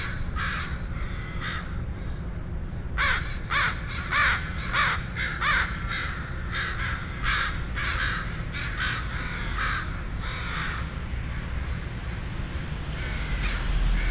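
Crow giving harsh caws, a dense run of calls in the middle, then sparser calls fading out, with low rumbling noise throughout.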